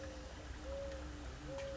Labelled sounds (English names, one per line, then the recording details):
Mourning Dove
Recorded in Sonoma County, California